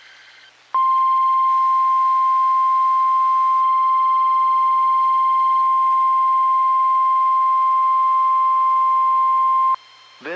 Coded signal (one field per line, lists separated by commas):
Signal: Emergency Alert System (SAME) tones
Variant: 1050 Hz attention tone